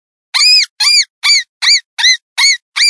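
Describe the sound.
Rodent distress calls: seven shrill arched squeaks, each rising then falling, repeated evenly about twice a second against silence.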